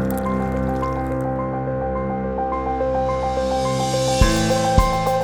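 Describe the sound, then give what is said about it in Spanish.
Coffee is poured into a cup, a rising hiss as it fills, then two soft knocks near the end, all over a steady musical background. “Quizás un café.”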